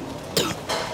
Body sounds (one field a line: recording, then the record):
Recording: coughing mixed with background sound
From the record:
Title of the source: Wet coughing